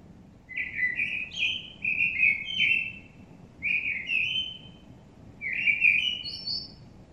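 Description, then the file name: Common blackbird song: three low fluted, warbling phrases, each ending in faint high twitters, separated by short pauses over a soft background hiss. "Turdus merula"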